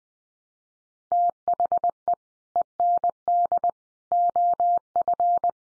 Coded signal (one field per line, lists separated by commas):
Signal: Morse code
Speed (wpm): 20 wpm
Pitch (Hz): 700 Hz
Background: none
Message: THE END OF